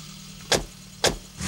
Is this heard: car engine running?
yes